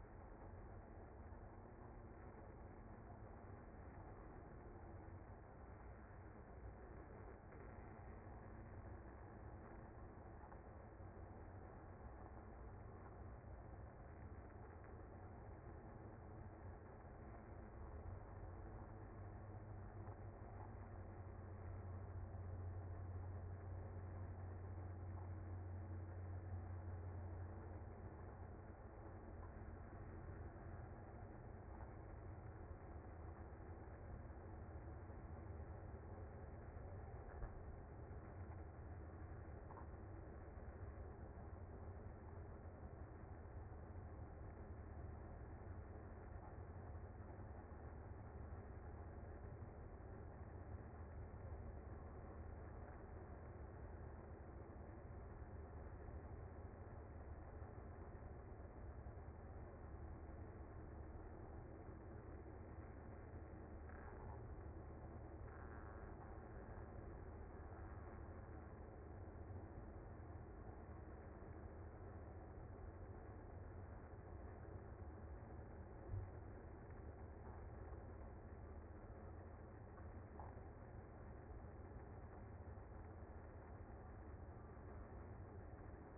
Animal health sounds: honeybee colony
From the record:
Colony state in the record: active

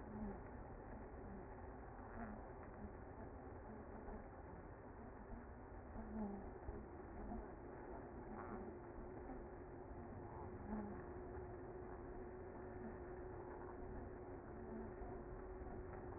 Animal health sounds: honeybee colony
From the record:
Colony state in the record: active

